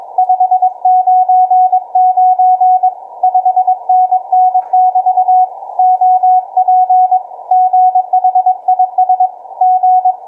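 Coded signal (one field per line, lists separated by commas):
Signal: Morse code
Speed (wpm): 21 wpm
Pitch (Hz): 740 Hz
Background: none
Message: 599 5NN <BT> OP GHIS G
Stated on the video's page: On-air Morse demo at 12 wpm.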